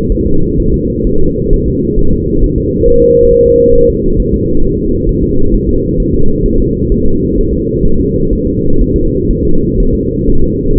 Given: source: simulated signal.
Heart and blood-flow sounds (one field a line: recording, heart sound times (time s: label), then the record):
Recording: fetal heart sounds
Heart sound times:
0.12 s: S1
0.27 s: S2
0.60 s: S1
0.74 s: S2
1.07 s: S1
1.21 s: S2
1.53 s: S1
1.68 s: S2
1.99 s: S1
2.13 s: S2
2.44 s: S1
2.58 s: S2
2.88 s: S1
3.02 s: S2
3.31 s: S1
3.46 s: S2
3.75 s: S1
3.90 s: S2
4.20 s: S1
4.34 s: S2
4.64 s: S1
4.79 s: S2
5.09 s: S1
5.23 s: S2
5.54 s: S1
5.69 s: S2
6.00 s: S1
6.14 s: S2
6.46 s: S1
6.60 s: S2
6.92 s: S1
7.06 s: S2
7.38 s: S1
7.53 s: S2
7.85 s: S1
8.00 s: S2
8.33 s: S1
8.47 s: S2
8.81 s: S1
8.96 s: S2
9.30 s: S1
9.45 s: S2
9.80 s: S1
9.95 s: S2
10.29 s: S1
10.44 s: S2
10.78 s: S1
From the record:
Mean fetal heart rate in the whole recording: 130 bpm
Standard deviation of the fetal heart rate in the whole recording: 4 bpm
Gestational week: 38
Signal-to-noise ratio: -19.1 dB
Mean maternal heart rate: 72 bpm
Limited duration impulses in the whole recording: present